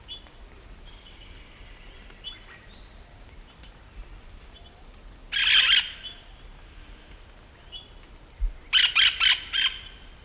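Hispaniolan parakeet calls: a loud harsh screech midway, then a rapid run of raspy screeches near the end, over soft whistles.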